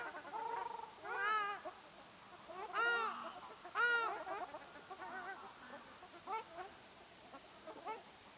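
Ruddy shelduck giving loud nasal honks, strongest in the first four seconds, then softer, shorter calls continuing irregularly.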